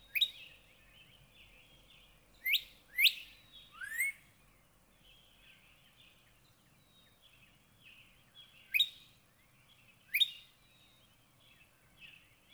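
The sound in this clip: Northern cardinal song: bright upward-sweeping whistles, a single one, a short burst of three, then two more later, over faint background noise.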